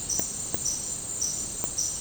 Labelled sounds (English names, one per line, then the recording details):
none
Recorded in dense forest near Puerto Asís, Putumayo, Colombia, on 21 February 2024 at 08:30
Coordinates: 0.503, -76.322
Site G6418